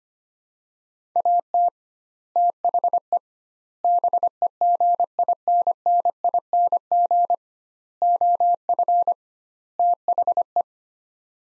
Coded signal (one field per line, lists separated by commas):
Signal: Morse code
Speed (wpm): 25 wpm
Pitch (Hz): 700 Hz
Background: none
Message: AT THE BEGINNING OF THE